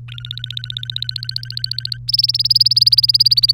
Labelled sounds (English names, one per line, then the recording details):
Domestic Canary song
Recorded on 3 May 2018 at 12:57
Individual llb3